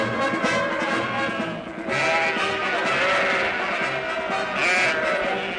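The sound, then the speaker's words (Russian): Running goats bleat over one another in a loud, continuous chorus of wavering, nasal cries, with a brief dip in the middle before the bleating swells again. “Бегут коровы, козы.”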